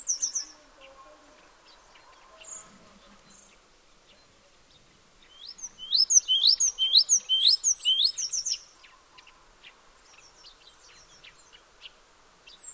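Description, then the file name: Great tit calls, a burst of rapid rising chirps lasting some three seconds, with fainter bird notes before and after. "Parus major"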